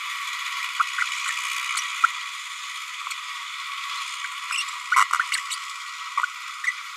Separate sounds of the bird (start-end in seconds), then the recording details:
1.76-1.81, 4.52-4.63, 5.50-5.56, 6.63-6.72. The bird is a female. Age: 28 days. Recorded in a nest box in Venezuela. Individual 17B102A5